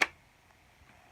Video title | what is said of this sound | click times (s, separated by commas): Nintendo Switch 2 UNBOXING! | Oh, that is really satisfying. You know, it doesn't get that click sound, | 0.0 s